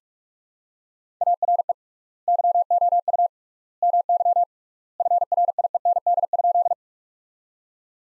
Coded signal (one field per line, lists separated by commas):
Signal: Morse code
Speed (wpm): 45 wpm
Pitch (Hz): 700 Hz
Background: none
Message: ARE YOU MY FRIEND?